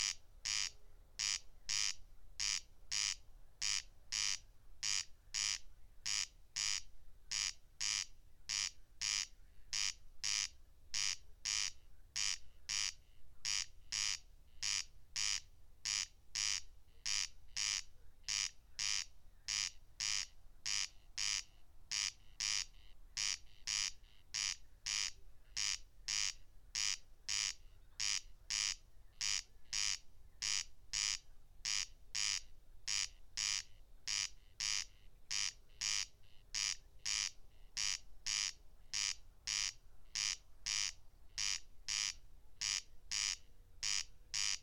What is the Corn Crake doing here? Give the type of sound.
song